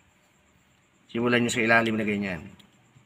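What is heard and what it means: A plastic back cover is pressed onto the frame of a Tecno Spark 7 Pro smartphone during an LCD replacement, starting from the bottom edge. Someone talks from about 1.1 s to 2.5 s over quiet handling. Nothing has clicked or seated yet.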